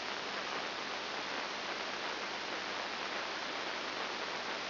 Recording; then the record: brain microelectrode recording played as sound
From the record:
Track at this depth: inside the subthalamic nucleus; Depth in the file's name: 3.902 mm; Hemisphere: left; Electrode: 2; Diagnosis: Parkinson's disease